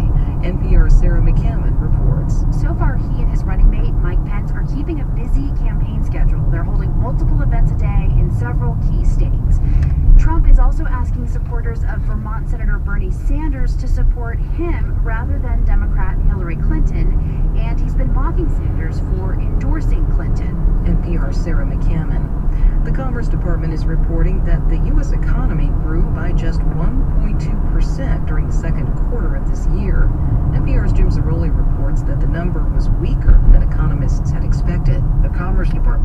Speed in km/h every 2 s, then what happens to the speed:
54, 52, 49, 44, 37, 32, 29, 34, 41, 47, 52, 55, 58, 60, 60, 60, 54, 51.
0-11 slows to 29. 11-26 speeds up to 60. 26-31 steady at about 60. 31-36 slows to 51.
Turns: none.